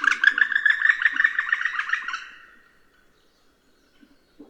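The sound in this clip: Woodpecker calling, a rapid chattering series of short notes for about two and a half seconds, fading out, then near silence with a faint low sound at the end.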